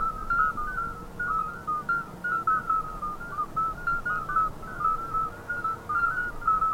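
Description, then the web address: Common midwife toads in chorus, many short, pure piping notes at nearly the same pitch overlapping in quick, steady succession over a faint low hum. Chorus at Jurapark. "jurapark audiodateien Geburtshelferkröte Chor"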